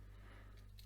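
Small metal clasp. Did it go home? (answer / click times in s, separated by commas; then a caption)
yes / 0.8 s. A metal bracelet deployant clasp on a modified Casio G-Shock DW5600 watch is closed and clicks back into its locked position. Over a steady low hum, a single short, bright click sounds at 0.8 s. The clasp is shut and seated.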